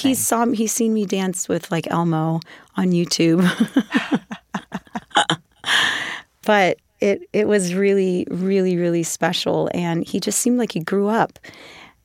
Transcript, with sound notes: he's seen me dance with, like, Elmo on YouTube (laughter). But it was really, really, really special, and he just seemed like he grew up.